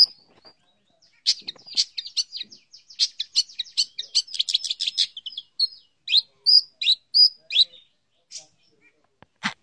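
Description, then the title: Long-tailed shrike song with irregular chattering and sharp varied notes, some whistled slurs, in a scratchy, uneven run. Song of a champion bird. "Kicau Burung Cendet Juara"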